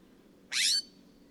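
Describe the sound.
Bird call: a single harsh, buzzy note lasting about a third of a second, against a quiet background.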